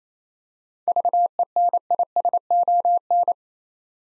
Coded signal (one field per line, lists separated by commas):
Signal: Morse code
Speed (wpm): 28 wpm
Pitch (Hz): 700 Hz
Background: none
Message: VENISON